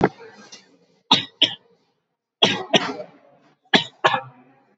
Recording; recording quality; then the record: heavy voluntary cough; excellent, no background noise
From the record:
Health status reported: COVID-19 positive, mild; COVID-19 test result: positive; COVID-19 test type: RT-PCR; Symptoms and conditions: sore throat, hypertension, diabetes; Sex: male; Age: 50 years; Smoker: no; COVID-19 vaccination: both doses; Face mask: not worn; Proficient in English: yes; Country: India